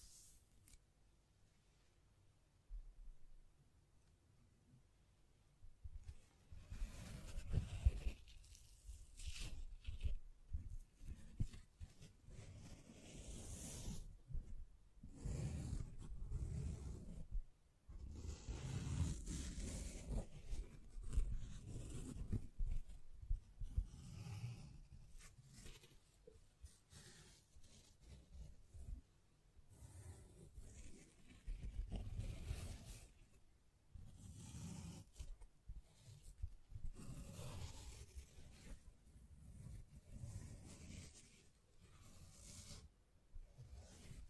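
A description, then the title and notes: Hand sounds: fingers brushing, rubbing and scratching right against the microphone, with soft taps mixed in. After a quiet first few seconds, the sounds come in dense, uneven bursts of low, muffled rustle and brighter scraping, with brief pauses between strokes. ASMR Blue Yeti Mic Test Tapping, Scratching, Mic Brushing, Hand Sounds etc (No Talking).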